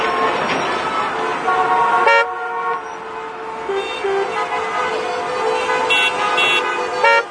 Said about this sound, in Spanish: Métete la bocina en el ojete.